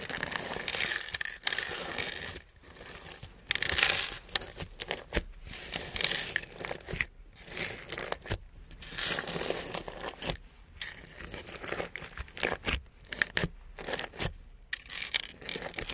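Crystals, beads and jewels are handled in a busy run of crinkling, scratching and tapping that fills the whole stretch with bright, gritty texture. Brief silent gaps break it up irregularly, about once or twice a second, with crisp clicks scattered throughout.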